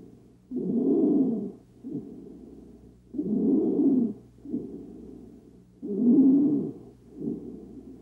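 Harsh, pitched breathing from an adult repeats about 23 times a minute: each cycle has a loud, coarse, musical phase followed by a softer noisy one. This is stridor, a high-pitched breath sound from a narrowed upper airway.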